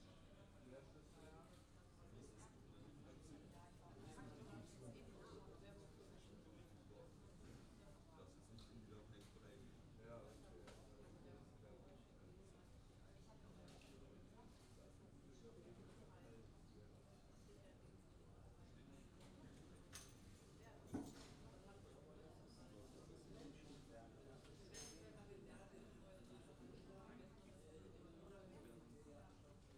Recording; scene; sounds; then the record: everyday scene through a hearing-aid microphone; many people talking; many voices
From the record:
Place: university cafeteria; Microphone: in the ear canal, left